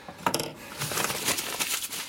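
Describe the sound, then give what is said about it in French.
A whole page of paper is crumpled into a ball and thrown away, giving a dense run of sharp, dry crackles and rustles for about two seconds, with no voices. “Une page entière.”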